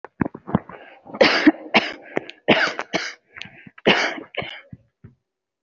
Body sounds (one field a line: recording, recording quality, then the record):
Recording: shallow voluntary cough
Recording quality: excellent, no background noise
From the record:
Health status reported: healthy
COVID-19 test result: negative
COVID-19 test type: RT-PCR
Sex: female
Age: 24 years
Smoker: no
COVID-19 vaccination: one dose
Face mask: worn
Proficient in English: yes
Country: India